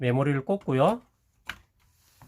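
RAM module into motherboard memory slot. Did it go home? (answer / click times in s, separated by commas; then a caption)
yes / 1.5 s. A DDR4 RAM stick is pressed firmly into a motherboard DIMM memory slot until its gold contacts disappear. Someone talks for the first second, then a sharp click at 1.5 s marks the module locking into the slot, followed by a faint tap near 2.2 s. The memory module is seated.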